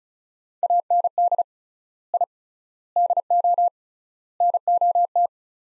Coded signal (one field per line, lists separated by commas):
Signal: Morse code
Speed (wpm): 36 wpm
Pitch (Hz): 700 Hz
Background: none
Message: AND I DO NOT